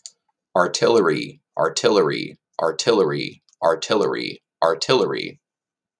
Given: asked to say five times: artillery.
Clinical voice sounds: repeated word; male; 30 to 39 years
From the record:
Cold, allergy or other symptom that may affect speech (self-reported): no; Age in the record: 36 years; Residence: Missouri, United States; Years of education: 14

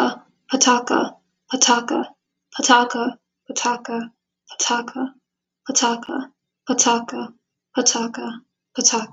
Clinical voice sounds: repeated syllables /pa ta ka/; female; 18 to 19 years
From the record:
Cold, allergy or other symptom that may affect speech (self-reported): no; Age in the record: 19 years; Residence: Pennsylvania, United States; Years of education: 12

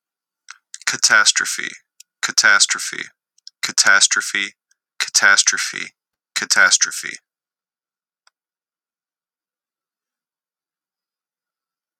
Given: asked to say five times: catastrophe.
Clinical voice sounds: repeated word; male; 20 to 29 years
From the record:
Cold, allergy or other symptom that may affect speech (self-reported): no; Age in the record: 28 years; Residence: Indiana, United States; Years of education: 13

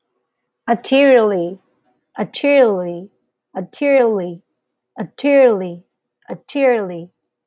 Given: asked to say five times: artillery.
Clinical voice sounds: repeated word; female; 40 to 49 years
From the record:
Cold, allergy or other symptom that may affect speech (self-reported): no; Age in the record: 41 years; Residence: Hawaii, United States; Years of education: 16

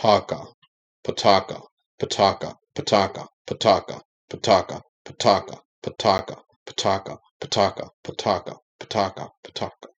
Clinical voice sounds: repeated syllables /pa ta ka/; male; 50 to 59 years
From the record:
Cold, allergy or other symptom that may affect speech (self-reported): no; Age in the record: 55 years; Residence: Georgia, United States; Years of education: 16

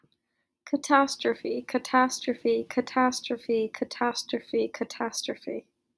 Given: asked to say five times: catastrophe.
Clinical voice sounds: repeated word; female; 20 to 29 years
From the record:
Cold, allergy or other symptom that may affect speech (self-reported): no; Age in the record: 22 years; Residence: Massachusetts, United States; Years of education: 16

